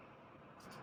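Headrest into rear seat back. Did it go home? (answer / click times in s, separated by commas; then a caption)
no / none. A rear seat headrest on a 2023–2026 Lexus UX is handled: after its side release is pressed, it is lifted and hinged forward toward its folded position before the seat back is folded. A steady low broadband background fills the clip, with a brighter high-frequency rustle from about 0.6 s to the end. Nothing has clicked or seated yet.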